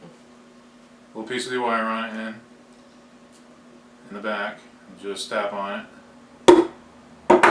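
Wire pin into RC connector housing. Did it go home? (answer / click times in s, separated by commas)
yes / 6.5 s, 7.3 s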